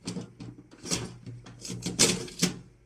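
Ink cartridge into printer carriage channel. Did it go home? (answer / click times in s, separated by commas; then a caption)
yes / 2.0 s. A plastic ink cartridge is pushed into its channel in a Brother printer carriage, giving a run of light plastic clicks and scraping rattles. A loud, sharp snap at 2.0 s marks the cartridge seating in its channel, followed by one more knock shortly after.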